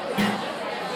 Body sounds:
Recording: coughing mixed with background sound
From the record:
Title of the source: Man Coughing Sound - Wet Cough Sound Effect

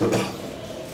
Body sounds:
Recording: coughing mixed with background sound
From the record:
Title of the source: Cough Around the Clock!

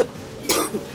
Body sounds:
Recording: coughing mixed with background sound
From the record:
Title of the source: 60 coughing still (deep and wet cough)

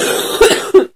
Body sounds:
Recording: coughing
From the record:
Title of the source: 30 Chesty and wet cough

